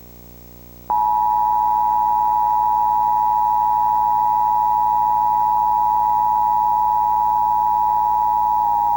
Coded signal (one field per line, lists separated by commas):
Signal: Emergency Alert System (SAME) tones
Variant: 853 and 960 Hz attention tone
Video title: Comcast Emergency Alert System - Severe Thunderstorm Warning (June 2, 2022)